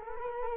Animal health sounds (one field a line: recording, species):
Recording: mosquito wingbeat signal from an infrared sensor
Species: Culex quinquefasciatus